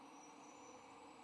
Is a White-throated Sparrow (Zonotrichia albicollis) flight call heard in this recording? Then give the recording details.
no. No flight call is heard. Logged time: 06:31 on 3 November 2014